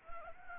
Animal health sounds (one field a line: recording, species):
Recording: mosquito wingbeat signal from an infrared sensor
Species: Anopheles gambiae